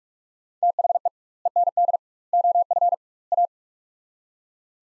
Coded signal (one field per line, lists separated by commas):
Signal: Morse code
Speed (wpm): 41 wpm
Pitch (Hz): 700 Hz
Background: none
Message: THE END OF A